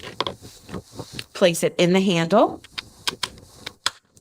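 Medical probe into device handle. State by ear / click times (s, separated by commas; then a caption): seated / 3.9 s. A medical probe, uncapped, is pushed into the handle of a device during assembly while someone talks. Several sharp taps are heard, and the probe clicks into the handle and seats at 3.9 seconds with the loudest sharp hit.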